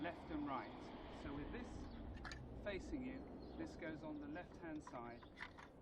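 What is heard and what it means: A left-hand lock for a folding table tennis table is handled near the chassis bars, which have already been screwed in, while someone talks. Nothing has seated or clicked into place yet, and the clip ends before the lock goes home.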